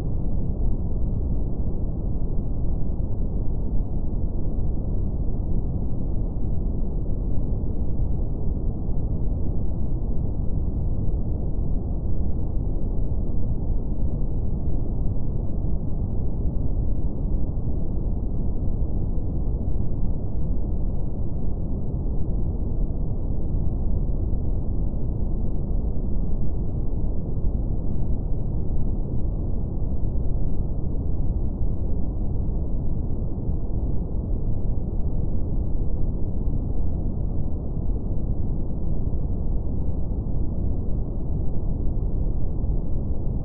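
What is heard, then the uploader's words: Steady white noise with a deep, muffled character: a low, dense rumble and hiss with nothing bright on top. The level holds perfectly even for the whole stretch, with no changes, pauses or other sounds. Relaxing White Noise & Cosmic Calm.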